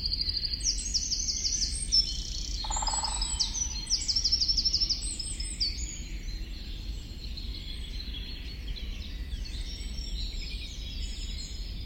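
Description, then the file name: Eurasian wren singing a long, rapid run of high trills and chirps over a steady low rumble of background noise. "Troglodytes troglodytes"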